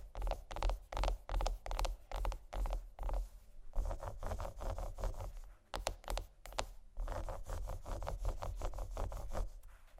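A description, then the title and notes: Chocolate being scratched and tapped, with quick bursts of dry scraping that come in rapid, uneven clusters and short pauses. The strokes are crisp and bright over a constant low hum, growing denser and more continuous in the second half. ASMR Chocolate Scratching & Tapping Low Lights（No Talking）.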